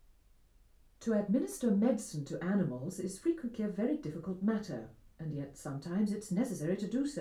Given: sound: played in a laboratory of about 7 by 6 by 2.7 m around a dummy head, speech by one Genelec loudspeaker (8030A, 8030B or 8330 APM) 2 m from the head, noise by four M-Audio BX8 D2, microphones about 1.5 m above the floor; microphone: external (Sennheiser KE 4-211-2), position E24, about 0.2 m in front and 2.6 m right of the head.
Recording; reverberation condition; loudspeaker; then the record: female speech in English; low; 120 degrees to the right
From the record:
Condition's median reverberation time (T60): about 310 ms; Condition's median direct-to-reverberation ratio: about 3.5 dB